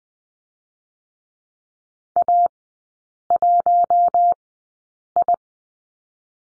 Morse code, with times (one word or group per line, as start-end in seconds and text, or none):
2.2-2.5 A
3.3-4.3 1
5.2-5.4 I